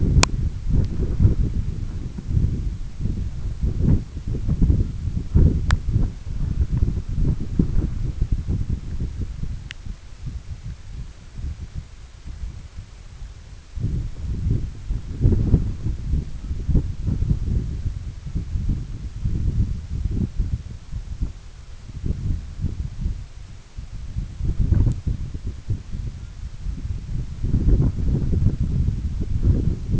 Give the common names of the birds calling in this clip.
none